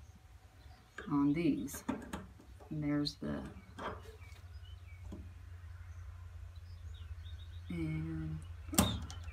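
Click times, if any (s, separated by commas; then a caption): 8.8 s. A plastic PEX water pipe fitted with stiffeners is pushed into a push-to-connect 90° elbow fitting while someone talks over a steady low hum. A sharp click sounds at 8.8 s as the fitting seats.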